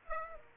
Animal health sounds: mosquito wingbeat signal from an infrared sensor; Aedes aegypti

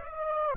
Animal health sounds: mosquito wingbeat signal from an infrared sensor; Aedes aegypti

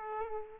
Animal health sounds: mosquito wingbeat signal from an infrared sensor; Aedes aegypti

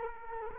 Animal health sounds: mosquito wingbeat signal from an infrared sensor; Culex quinquefasciatus

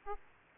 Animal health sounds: mosquito wingbeat signal from an infrared sensor; Aedes aegypti

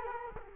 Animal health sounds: mosquito wingbeat signal from an infrared sensor; Culex quinquefasciatus

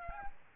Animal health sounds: mosquito wingbeat signal from an infrared sensor; Aedes aegypti

